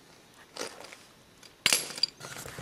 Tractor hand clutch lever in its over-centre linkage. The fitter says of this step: the lever back to disengage it and you can hear that click that's um what you should hear